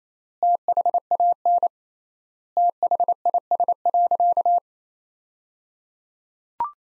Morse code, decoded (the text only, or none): THAN THIS.